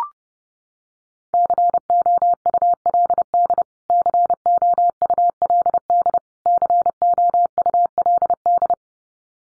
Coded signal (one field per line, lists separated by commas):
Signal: Morse code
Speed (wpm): 30 wpm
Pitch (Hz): 700 Hz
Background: none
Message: COULD COULD COULD